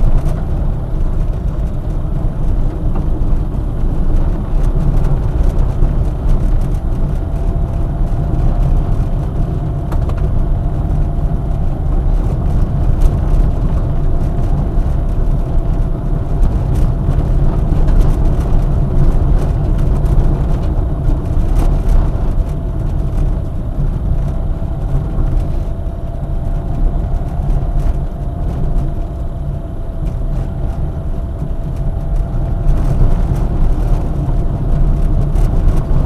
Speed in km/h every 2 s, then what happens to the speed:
23, 23, 29, 31, 30, 30, 29, 29, 28, 27, 26, 26, 29, 29, 29, 29, 27, 26.
0-7 speeds up to 31. 7-36 steady at about 29.